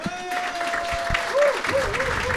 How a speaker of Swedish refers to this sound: Och så får vi också ge ett stort jävla välkomnande, en stor applåd